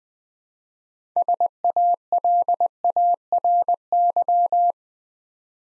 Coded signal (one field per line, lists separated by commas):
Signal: Morse code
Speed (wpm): 20 wpm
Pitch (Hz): 700 Hz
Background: none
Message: SALARY